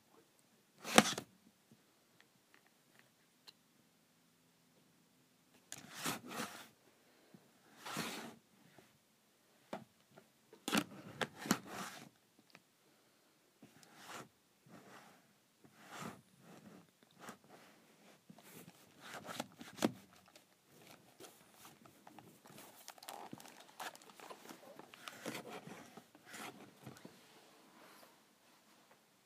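A calculator cover slides on and off in short, scraping strokes, each a quick rasp lasting under a second. The first comes alone near the start, then they arrive in irregular bursts every second or two, growing busier and softer toward the end.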